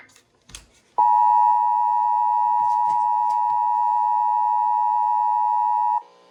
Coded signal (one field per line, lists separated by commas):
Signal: Emergency Alert System (SAME) tones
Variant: 853 and 960 Hz attention tone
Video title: EAS 2294-2296: KDKA EAS Test + Usual Relays (No Deviousness VC)